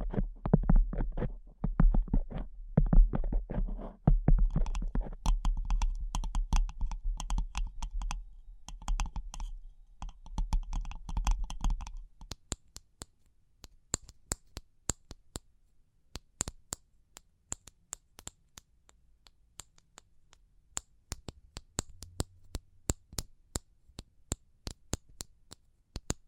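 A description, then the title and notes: Fast tapping fills the first twelve seconds, dense, irregular taps over a low rumbling thud. After that the rumble drops out and the taps slow into sparse, sharp, bright clicks spaced about half a second or more apart, continuing to the end. ASMR Pure Tapping Fast and Slow (No Talking).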